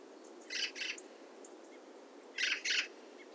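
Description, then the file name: Eurasian magpie giving harsh, rasping calls in two paired bursts, about two seconds apart, with quiet background between. "Pica pica"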